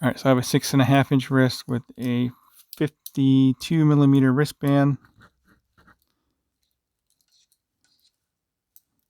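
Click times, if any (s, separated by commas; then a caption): none. Someone talks while closing the metal bracelet clasp of a new Borealis Neptuno watch on a 6.5 inch wrist with a 52 millimeter wristband, followed by a few faint small taps and one sharper tick near the end. The clasp does not latch, and nothing has clicked shut yet.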